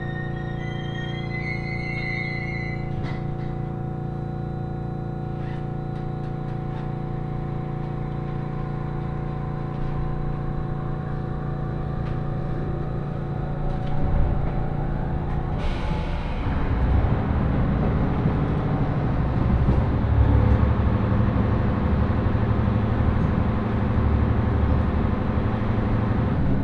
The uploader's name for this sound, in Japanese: 仙石東北ライン快速 高城町→仙台